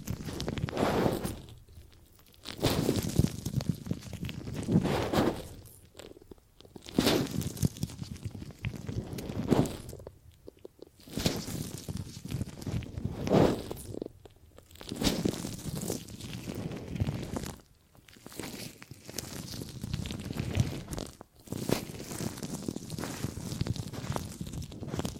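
Gripping and grabbing sounds: bursts of rustling, crunching handling noise that come in clusters of a few seconds each, separated by brief near-silent gaps. The crinkling texture is dense and fairly bright, swelling and easing irregularly through the whole stretch.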